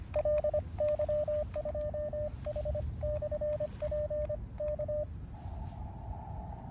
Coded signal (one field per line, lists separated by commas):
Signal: Morse code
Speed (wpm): 26 wpm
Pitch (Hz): 600 Hz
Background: radio noise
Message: LY2H/PK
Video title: Pedestrian mobile with Elecraft KX2 .Urban QRP from The Hill Of Three Crosses!